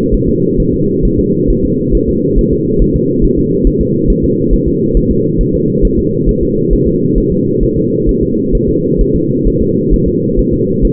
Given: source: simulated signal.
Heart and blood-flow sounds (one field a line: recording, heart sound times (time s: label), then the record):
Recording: fetal heart sounds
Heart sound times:
0.14 s: S1
0.29 s: S2
0.60 s: S1
0.74 s: S2
1.05 s: S1
1.20 s: S2
1.50 s: S1
1.65 s: S2
1.95 s: S1
2.09 s: S2
2.39 s: S1
2.53 s: S2
2.82 s: S1
2.96 s: S2
3.24 s: S1
3.39 s: S2
3.67 s: S1
3.81 s: S2
4.10 s: S1
4.24 s: S2
4.53 s: S1
4.68 s: S2
4.97 s: S1
5.11 s: S2
5.41 s: S1
5.55 s: S2
5.85 s: S1
5.99 s: S2
6.29 s: S1
6.43 s: S2
6.73 s: S1
6.87 s: S2
7.18 s: S1
7.32 s: S2
7.63 s: S1
7.77 s: S2
8.09 s: S1
8.23 s: S2
8.55 s: S1
8.69 s: S2
9.01 s: S1
9.16 s: S2
9.48 s: S1
9.62 s: S2
9.94 s: S1
10.08 s: S2
10.39 s: S1
10.54 s: S2
10.85 s: S1
From the record:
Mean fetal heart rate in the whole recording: 135 bpm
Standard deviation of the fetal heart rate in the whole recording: 3 bpm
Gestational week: 36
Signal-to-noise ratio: -11.2 dB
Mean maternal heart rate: 72 bpm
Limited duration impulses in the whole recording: present